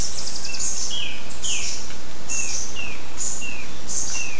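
Bird calls: short downslurred chirps repeated roughly every half second, heard over a loud steady low hum and hiss.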